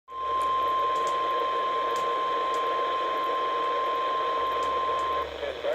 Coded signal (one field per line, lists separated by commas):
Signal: Emergency Alert System (SAME) tones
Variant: 1050 Hz attention tone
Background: speech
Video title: (EAS #18) Blowing Snow Advisory 12-18-18